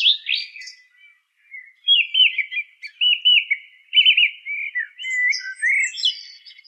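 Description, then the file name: Song thrush song as a steady run of varied chirping phrases, with thin high squeaky notes added in the last seconds. "suara-kicauan-burung-song-thrush omkicau"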